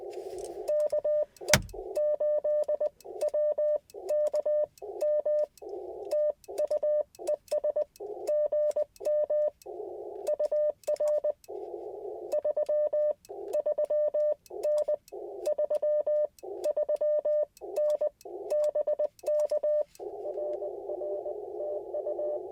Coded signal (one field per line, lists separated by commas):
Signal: Morse code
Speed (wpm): 20 wpm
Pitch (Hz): 600 Hz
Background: none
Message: KE8WKM TU ES GM UR 33N 33N BK RR TU